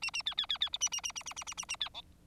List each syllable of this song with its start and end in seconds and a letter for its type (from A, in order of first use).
0.02-0.10 A, 0.13-0.22 A, 0.26-0.34 B, 0.37-0.46 B, 0.49-0.58 B, 0.60-0.69 B, 0.72-0.78 C, 0.80-0.89 A, 0.92-1.01 A, 1.03-1.12 A, 1.15-1.23 A, 1.26-1.33 A, 1.36-1.44 A, 1.47-1.54 A, 1.57-1.65 A, 1.68-1.76 A, 1.80-1.89 B, 1.94-2.02 D